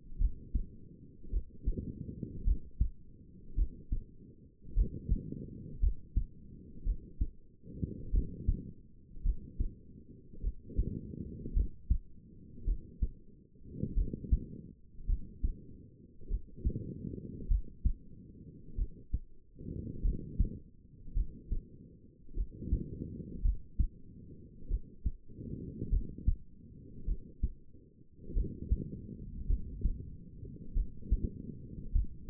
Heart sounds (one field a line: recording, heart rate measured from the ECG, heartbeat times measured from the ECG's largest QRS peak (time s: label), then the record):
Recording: heart sounds by stethoscope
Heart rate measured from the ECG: 51 bpm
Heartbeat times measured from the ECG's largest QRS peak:
0.19 s: heartbeat
1.31 s: heartbeat
2.45 s: heartbeat
3.56 s: heartbeat
4.75 s: heartbeat
5.81 s: heartbeat
6.85 s: heartbeat
8.12 s: heartbeat
9.24 s: heartbeat
10.42 s: heartbeat
11.54 s: heartbeat
12.65 s: heartbeat
13.95 s: heartbeat
15.07 s: heartbeat
16.29 s: heartbeat
17.48 s: heartbeat
18.76 s: heartbeat
20.03 s: heartbeat
21.15 s: heartbeat
22.35 s: heartbeat
23.43 s: heartbeat
24.69 s: heartbeat
25.91 s: heartbeat
27.06 s: heartbeat
28.34 s: heartbeat
29.48 s: heartbeat
30.74 s: heartbeat
31.93 s: heartbeat
From the record:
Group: healthy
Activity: rest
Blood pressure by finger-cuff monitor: 104/61 mmHg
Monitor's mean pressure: 77 mmHg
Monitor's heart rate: 52 bpm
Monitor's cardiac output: 4.9 L/min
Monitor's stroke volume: 97 mL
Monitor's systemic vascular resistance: 1100 dyn s/cm5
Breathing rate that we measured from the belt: 21 breaths a minute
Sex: female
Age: 28 years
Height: 170 cm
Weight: 77 kg